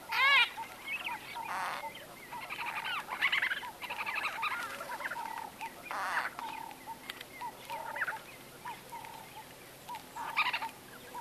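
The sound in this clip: White-fronted bee-eater calls: soft, nasal, harmonic bursts and squeaks in a noisy background, with short, low, tonal notes repeating steadily.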